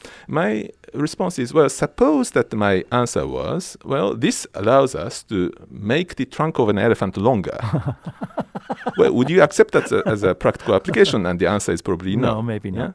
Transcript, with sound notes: My response is, well, suppose that my answer was, “Well, this allows us to make the trunk of an elephant longer.
[LAUGHS]
“Well, would you accept that’s a, as a practical application?” And the answer is probably no.
No, maybe not.